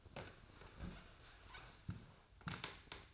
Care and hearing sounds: daily activity, microphone in the room; sit down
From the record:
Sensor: 2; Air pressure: 1004.9 hPa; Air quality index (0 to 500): 87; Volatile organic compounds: 2 ppm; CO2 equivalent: 1042 ppm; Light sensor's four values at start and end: 8/18/7/8 and 7/17/7/7

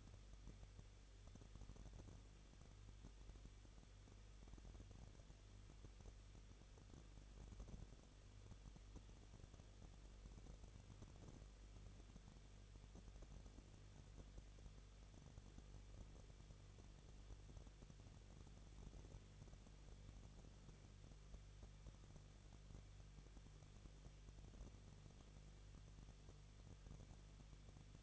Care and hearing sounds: daily activity, microphone in the room; no activity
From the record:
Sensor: 4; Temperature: 23.1 degrees Celsius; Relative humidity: 34.3%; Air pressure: 1007.2 hPa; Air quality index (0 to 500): 215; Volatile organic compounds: 15 ppm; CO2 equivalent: 2485 ppm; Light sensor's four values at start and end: 2/3/1/1 and 2/3/1/1

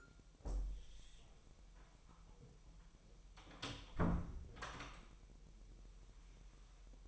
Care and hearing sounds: daily activity, microphone in the room; close door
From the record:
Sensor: 1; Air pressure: 1001.2 hPa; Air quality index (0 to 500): 249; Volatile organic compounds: 144 ppm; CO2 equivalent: 3995 ppm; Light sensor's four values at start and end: 12/29/12/13 and 12/29/12/13

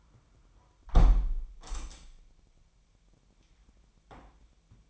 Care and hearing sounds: daily activity, microphone in the room; close window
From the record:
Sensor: 1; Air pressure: 998.1 hPa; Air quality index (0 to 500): 139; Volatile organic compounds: 4 ppm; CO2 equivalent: 1663 ppm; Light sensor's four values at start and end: 16/53/21/22 and 16/53/21/21

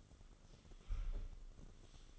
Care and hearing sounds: daily activity, microphone in the room; sweep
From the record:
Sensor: 4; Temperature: 26.8 degrees Celsius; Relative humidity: 28.1%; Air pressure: 996.7 hPa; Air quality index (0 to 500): 87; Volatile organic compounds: 4 ppm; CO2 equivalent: 1684 ppm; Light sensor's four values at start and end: 21/57/22/24 and 21/57/22/24

